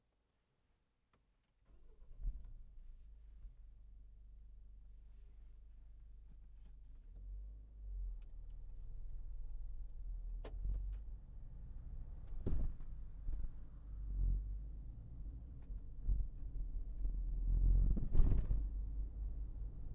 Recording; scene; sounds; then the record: everyday scene through a hearing-aid microphone; in a vehicle; engine starting, driving off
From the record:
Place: Berlingo II, diesel engine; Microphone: behind the ear, left, rear